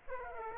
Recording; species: mosquito wingbeat signal from an infrared sensor; Aedes aegypti